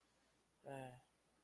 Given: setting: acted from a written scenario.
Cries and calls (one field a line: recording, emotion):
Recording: vocal sound without words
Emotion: disappointment